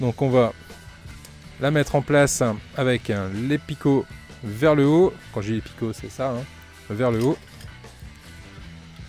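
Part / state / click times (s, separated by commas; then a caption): plastic model kit part into its mating body part / not seated / none. On an Altaya Ford Mustang model kit, a builder positions a plastic part with its pegs facing up before pressing it into its mating body part, since the wrong orientation would keep it from closing. Someone talks over faint background music, with a brief soft sound at about 1.3 s. Nothing has seated or clicked yet.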